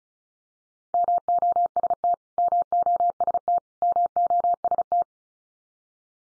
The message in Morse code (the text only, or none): MOST MOST MOST